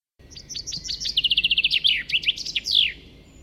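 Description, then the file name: Common chaffinch song: a single bright phrase of sharp high notes stepping down into a fast trill and ending in a short accented flourish, nearly three seconds long. "Fringilla coelebs"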